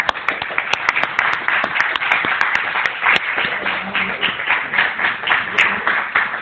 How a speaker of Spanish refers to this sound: Pues el ganador, y creo que muy merecido, el grupo amigo …. …, un fuerte aplauso.